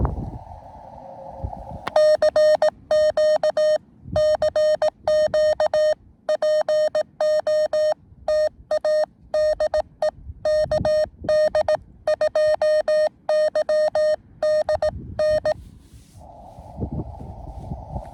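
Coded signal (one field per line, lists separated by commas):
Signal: Morse code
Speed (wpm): 18 wpm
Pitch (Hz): 610 Hz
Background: none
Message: CQ CQ POTA DE KD2YDN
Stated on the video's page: QRP CW from a combined Summits On The Air and Parks On The Air activation, including a summit-to-summit contact.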